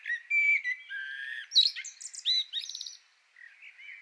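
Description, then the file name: Common blackbird singing a clear, flowing fluted phrase that breaks into rapid high-pitched chattering notes, then fades to soft twitter. "Turdus merula"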